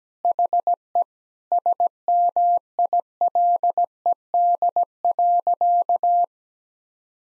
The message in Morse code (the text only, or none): HE SMILED.